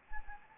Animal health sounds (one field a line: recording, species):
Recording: mosquito wingbeat signal from an infrared sensor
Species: Anopheles gambiae